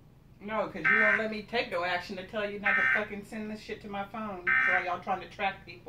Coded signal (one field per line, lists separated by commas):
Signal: Emergency Alert System (SAME) tones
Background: speech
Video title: Presidential FEMA Alert Emergency Broadcast System Test October 3, 2018